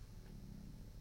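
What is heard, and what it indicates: A low, steady rumbling gurgle lasting about a second from an adult woman's stomach, with no speech over it. This is stomach rumbling (borborygmi), the ordinary sound of gas and fluid moving through the gut, and it is harmless.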